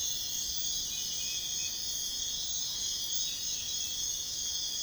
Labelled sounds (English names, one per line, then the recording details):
none
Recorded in dense forest near Puerto Asís, Putumayo, Colombia, on 18 February 2024 at 05:30
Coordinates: 0.502, -76.324
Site G6370